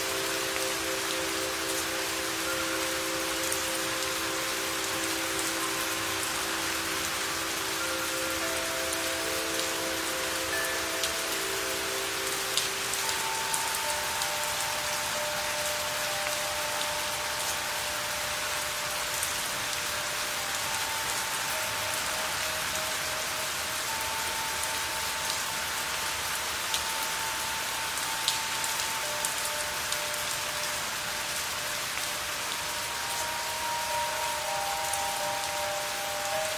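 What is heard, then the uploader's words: A wind chime rings softly over steady rain. Long, sustained tones overlap and fade, low ones in the first half giving way to higher, brighter notes after about thirteen seconds, while the dense patter of rain continues evenly throughout. The wind chime that heals in rainy days.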